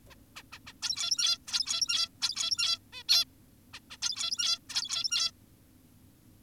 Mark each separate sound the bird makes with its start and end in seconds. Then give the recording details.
0.10-0.15, 0.36-0.43, 0.52-0.59, 0.67-0.73, 0.83-1.38, 1.48-2.09, 2.22-2.79, 2.93-3.03, 3.09-3.25, 3.74-3.80, 3.90-3.97, 4.02-4.59, 4.70-5.31. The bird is an adult. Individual g17y2U